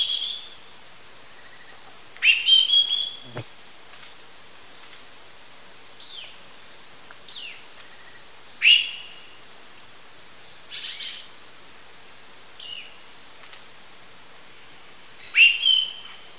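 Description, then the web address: Lawrence's thrush singing a series of varied short whistled and buzzy phrases separated by pauses of a few seconds, with a brief low thump early on. Eastern lowlands of South America. "Natures Songs S America Eastern Lowlands. Turdus lawrencii, calls or song"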